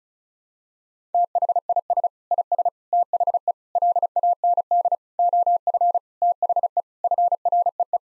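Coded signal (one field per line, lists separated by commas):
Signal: Morse code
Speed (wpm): 36 wpm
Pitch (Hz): 700 Hz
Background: none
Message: THIS IS THE LAND OF THE FREE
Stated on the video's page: Morse practice at 35 wpm of sentences containing common nine-word phrases, each sentence sent twice.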